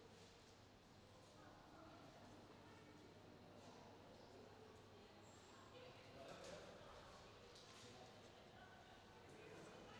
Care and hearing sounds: everyday scene through a hearing-aid microphone; reverberant space; announcement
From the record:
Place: railway station hall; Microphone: in the ear canal, left

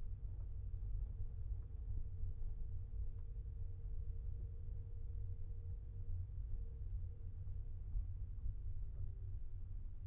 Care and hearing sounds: everyday scene through a hearing-aid microphone; in a vehicle; engine, rumble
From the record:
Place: Skoda Fabia, gasoline engine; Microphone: behind the ear, left, rear

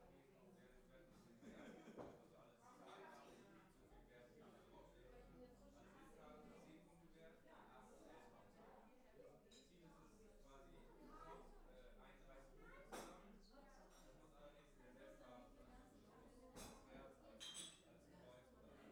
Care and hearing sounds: everyday scene through a hearing-aid microphone; many people talking; many voices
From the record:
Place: parish hall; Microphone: behind the ear, left, front

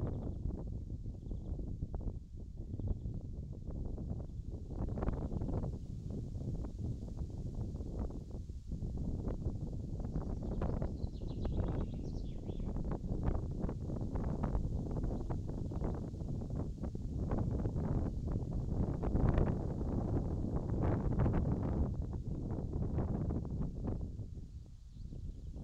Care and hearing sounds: everyday scene through a hearing-aid microphone; wind on the microphone; wind, birds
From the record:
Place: in front of a rural house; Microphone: in the ear canal, left

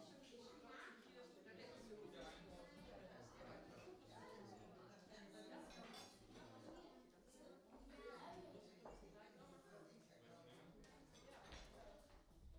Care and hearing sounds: everyday scene through a hearing-aid microphone; many people talking; many voices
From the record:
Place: parish hall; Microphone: in the ear canal, right

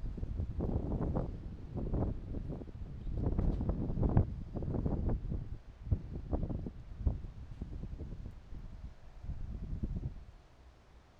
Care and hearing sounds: everyday scene through a hearing-aid microphone; wind on the microphone; squally wind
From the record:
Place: parking lot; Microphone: in the ear canal, right

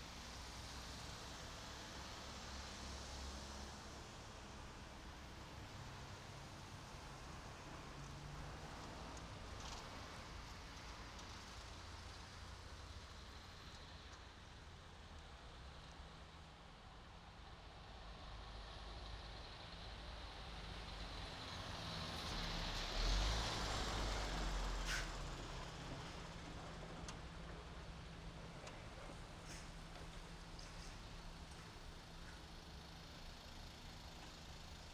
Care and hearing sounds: everyday scene through a hearing-aid microphone; in traffic; traffic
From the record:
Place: main road on the outskirts, rush hour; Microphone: in the ear canal, right

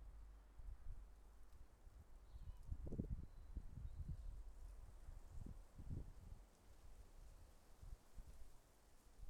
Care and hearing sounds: everyday scene through a hearing-aid microphone; wind on the microphone; wind, traffic, birds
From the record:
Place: suburban garden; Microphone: behind the ear, left, front

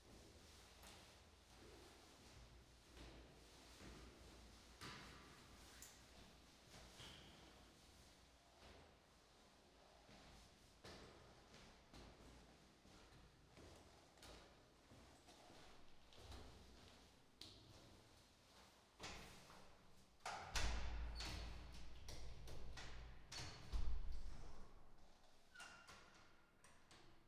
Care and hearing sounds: everyday scene through a hearing-aid microphone; reverberant space; background noise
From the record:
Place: staircase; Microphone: in the ear canal, right

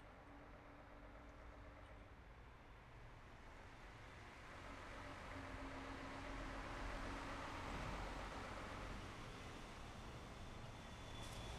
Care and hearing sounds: everyday scene through a hearing-aid microphone; in traffic; traffic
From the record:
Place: city secondary road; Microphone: behind the ear, left, front

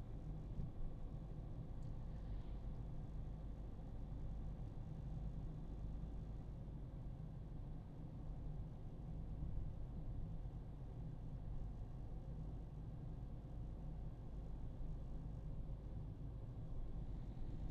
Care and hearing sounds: everyday scene through a hearing-aid microphone; in a vehicle; engine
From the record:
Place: Berlingo II, diesel engine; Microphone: in the ear canal, right

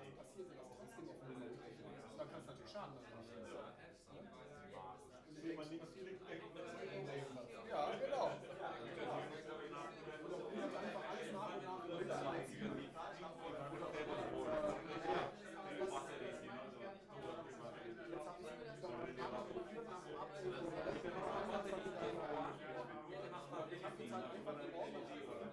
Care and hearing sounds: everyday scene through a hearing-aid microphone; many people talking; many voices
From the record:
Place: bistro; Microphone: behind the ear, right, front

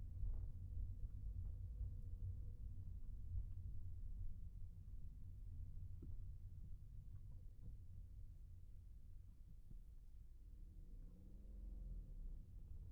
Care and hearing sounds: everyday scene through a hearing-aid microphone; in a vehicle; engine, rumble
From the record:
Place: Skoda Fabia, gasoline engine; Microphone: behind the ear, right, front

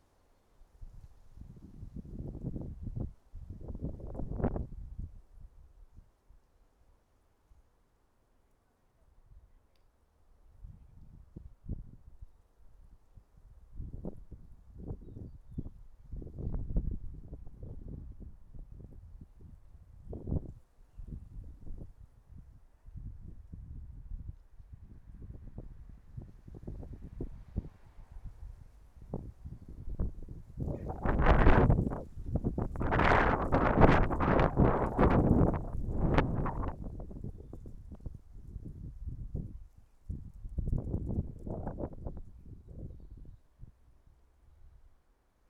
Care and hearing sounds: everyday scene through a hearing-aid microphone; wind on the microphone; wind, traffic, voices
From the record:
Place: suburban garden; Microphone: behind the ear, right, front

